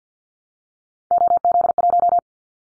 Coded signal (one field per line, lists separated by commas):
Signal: Morse code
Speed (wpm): 48 wpm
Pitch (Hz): 700 Hz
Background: none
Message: OZ1